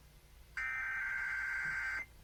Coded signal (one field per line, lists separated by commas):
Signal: Emergency Alert System (SAME) tones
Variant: header bursts